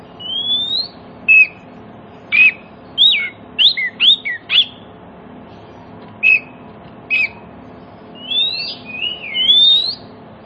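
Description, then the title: Oriental magpie-robin giving spaced sharp whistled notes with a quick cluster in the first half, then scattered notes and longer slurred whistles at the end. Song played as a lure to prompt other magpie-robins, including ones that have stopped singing, to answer and sing within about five minutes. "Cukup Hitungan Menit Kacer Lain Bisa Bunyi. CUKUP 5 Menit Kacer LAIN NYAUT JADI GACOR, PANCINGAN KACER MACET BUNYI"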